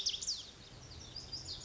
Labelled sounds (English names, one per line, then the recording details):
Lazuli Bunting
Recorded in Sonoma County, California